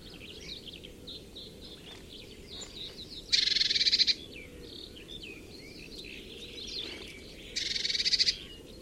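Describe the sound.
Bird calls: many high chirps and twittering notes throughout, broken twice by a loud, harsh, buzzy rattling burst lasting nearly a second, over a low steady background hum.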